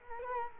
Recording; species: mosquito wingbeat signal from an infrared sensor; Culex quinquefasciatus